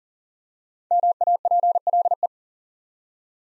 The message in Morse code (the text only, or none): MAPLE